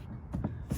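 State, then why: Seated. Plastic retaining clips on the rear passenger door panel of a BMW 330i (E46) are pressed into the car door frame after a window regulator replacement. Two short clicks are heard at 0.3 s and 0.5 s over a low background rumble. The last clips seat, confirmed as fully in.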